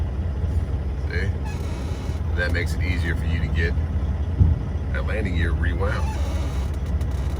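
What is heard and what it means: A semi-truck's fifth wheel is handled under a trailer to couple onto the steel kingpin, with steady engine rumble while someone talks. A soft thump near 4.4 s stands out, but nothing has seated or clicked yet. The usual loud click is absent because the truck stopped right on the kingpin.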